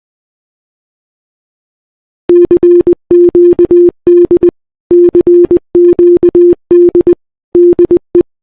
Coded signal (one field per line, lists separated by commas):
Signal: Morse code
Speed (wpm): 20 wpm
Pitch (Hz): 350 Hz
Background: none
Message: CQD CQD DE